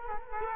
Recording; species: mosquito wingbeat signal from an infrared sensor; Culex quinquefasciatus